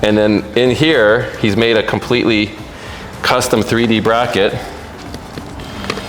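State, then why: Seated. A custom 3D-printed plastic bracket holding a bass control knob is pressed into an opening in the interior dash trim of a Hummer while someone talks. After a few small taps and knocks, the bracket snaps into place with a sharp click at 5.9 s, sitting tight in the opening.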